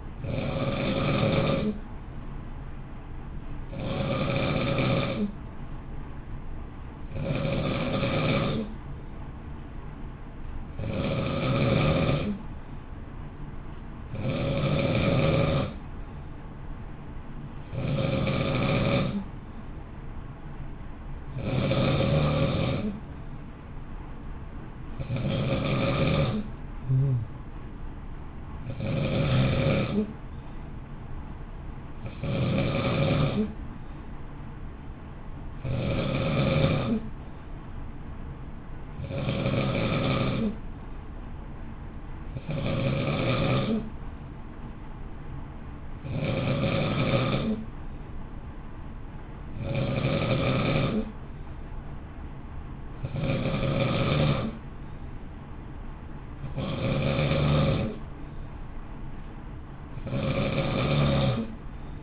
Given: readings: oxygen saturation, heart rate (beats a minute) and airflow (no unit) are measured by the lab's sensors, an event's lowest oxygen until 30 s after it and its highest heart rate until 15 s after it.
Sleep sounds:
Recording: breathing in sleep by a smartphone at the bedside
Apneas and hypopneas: none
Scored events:
none scored
From the record:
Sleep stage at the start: N2 (light sleep)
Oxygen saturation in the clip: 91 to 93%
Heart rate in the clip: 54 to 58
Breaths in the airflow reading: 24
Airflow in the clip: -0.8 to 0.8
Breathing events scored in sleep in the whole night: 328 in 6.3 hours asleep

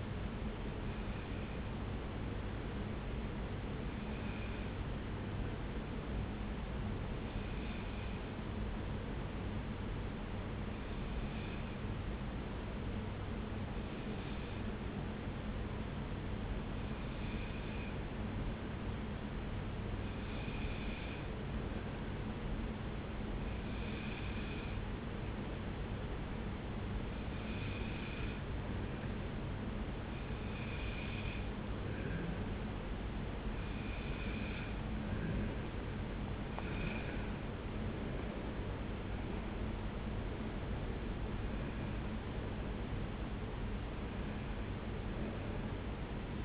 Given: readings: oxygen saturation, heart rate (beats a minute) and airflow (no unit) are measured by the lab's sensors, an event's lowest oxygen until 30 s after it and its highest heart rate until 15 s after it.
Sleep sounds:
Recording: breathing in sleep by a voice recorder at the bedside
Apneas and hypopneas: 1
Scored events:
8.00-34.20 s: hypopnea (N2, oxygen 96% highest, then 92% lowest)
28.00-46.45 s: new sleep stage, N1 (lightest sleep)
From the record:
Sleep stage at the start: N2 (light sleep)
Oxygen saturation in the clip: 92 to 96%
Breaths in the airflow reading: 15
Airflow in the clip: -2.0 to 3.4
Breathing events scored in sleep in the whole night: 335 in 6.7 hours asleep

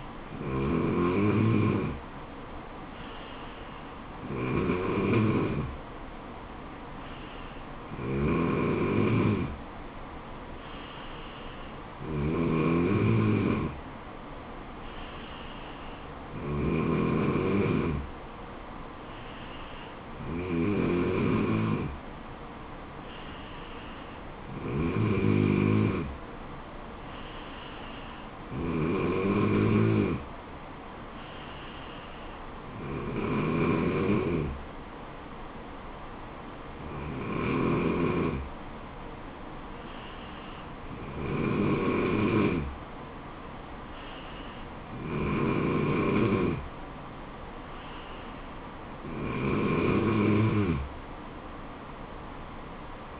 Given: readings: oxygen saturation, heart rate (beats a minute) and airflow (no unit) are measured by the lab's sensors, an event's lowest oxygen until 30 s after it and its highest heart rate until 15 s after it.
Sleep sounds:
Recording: breathing in sleep by a voice recorder at the bedside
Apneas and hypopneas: none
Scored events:
none scored
From the record:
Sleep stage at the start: N3 (deep sleep)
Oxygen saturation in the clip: 94 to 95%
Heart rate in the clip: 69 to 76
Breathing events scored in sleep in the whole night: 426 in 7.4 hours asleep

